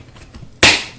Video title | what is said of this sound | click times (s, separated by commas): Assembling the Raptor Hand by e NABLE | there we go snaps right in there and then we have our little | 0.6 s